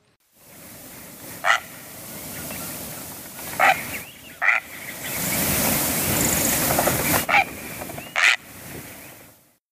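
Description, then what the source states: Great Blue Heron calls, five harsh, hoarse squawks spaced irregularly over a steady rushing background noise. Played as a mystery sound; a large wading bird found near open-water shores and wetlands, common in the Northwest.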